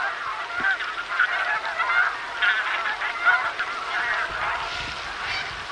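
Bean goose honking: a steady wash of mixed nasal calls from a flock, somewhat blurred and lacking clear separate notes, with a rough background hiss.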